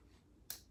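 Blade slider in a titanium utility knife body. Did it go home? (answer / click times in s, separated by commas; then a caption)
yes / 0.5 s. The titanium slide of a titanium-bodied utility knife is pushed into its detent step, the blade-release position needed before removing the blade. Over a quiet low background, a single sharp, bright click sounds at 0.5 s, showing the slider has seated in place.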